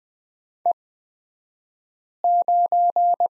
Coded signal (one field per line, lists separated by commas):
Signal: Morse code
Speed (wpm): 20 wpm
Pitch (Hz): 700 Hz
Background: none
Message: E9